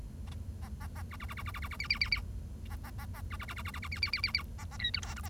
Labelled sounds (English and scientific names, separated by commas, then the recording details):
Bengalese Finch (Lonchura striata domestica) song
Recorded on 1 October 2012 at 10:22
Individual or60yw70